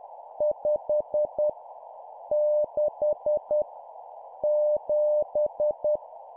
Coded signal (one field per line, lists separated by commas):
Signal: Morse code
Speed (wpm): 10 wpm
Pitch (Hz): 600 Hz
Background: none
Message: 5 6 7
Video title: 10wpm Numbers, cw morse code